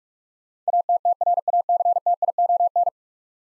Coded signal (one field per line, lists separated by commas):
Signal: Morse code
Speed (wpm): 46 wpm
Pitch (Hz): 700 Hz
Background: none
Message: ATTRACTION